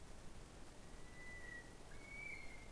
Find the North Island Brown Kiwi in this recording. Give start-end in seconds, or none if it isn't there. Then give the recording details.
0.74-2.71. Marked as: faintness 2/5. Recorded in New Zealand on 21 November 2014. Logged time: 02:28. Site CL78